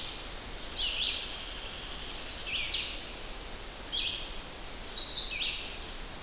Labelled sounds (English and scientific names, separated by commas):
Red-eyed Vireo (Vireo olivaceus) song